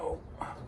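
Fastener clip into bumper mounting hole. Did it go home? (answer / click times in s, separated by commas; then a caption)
yes / 0.4 s. A fastener clip fed through a reproduction bumper is clocked and pushed into its mounting hole while someone talks. It snaps in with a short, sharp click at 0.4 s, and the clip is seated.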